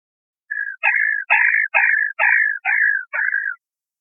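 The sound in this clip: Black rail calling: a quick run of seven short, harsh downslurred notes, roughly two per second, then silence.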